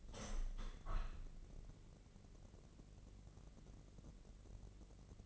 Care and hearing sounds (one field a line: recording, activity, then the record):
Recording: daily activity, microphone in the room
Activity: open window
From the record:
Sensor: 4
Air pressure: 1013.2 hPa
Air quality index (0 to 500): 173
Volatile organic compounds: 2 ppm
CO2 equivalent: 1087 ppm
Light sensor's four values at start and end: 68/169/70/73 and 68/169/70/73